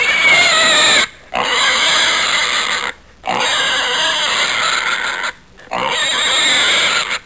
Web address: Squeal Pigs